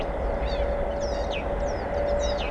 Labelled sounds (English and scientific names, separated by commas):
Song Thrush (Turdus philomelos)